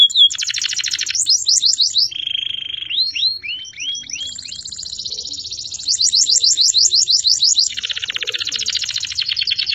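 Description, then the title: Canary song: a long, varied stream of rapid trills, buzzy rolls and repeated whistled notes, switching phrase types every few seconds. Champion canary. "Kicau Burung Kenari Juara"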